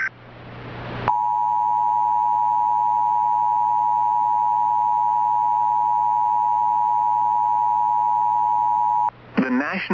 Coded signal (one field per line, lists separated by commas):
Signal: Emergency Alert System (SAME) tones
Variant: 853 and 960 Hz attention tone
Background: speech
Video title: EAS Recreation: Burke, NC Tornado